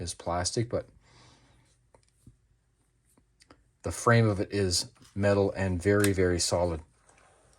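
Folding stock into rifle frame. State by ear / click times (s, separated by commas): not seated / none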